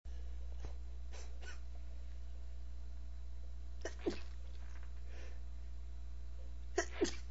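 An adult male stifling sneezes: muffled, suppressed sneeze bursts that come in held-back pairs, heard over a steady low hum.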